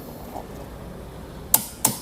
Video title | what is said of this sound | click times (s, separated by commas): HRV e:HEV E สีขาวแพทตินั่ม : แนะนำการใช้งานเบื้องต้น | สักแก๊ก2แก๊กนะครับ | 1.5 s, 1.9 s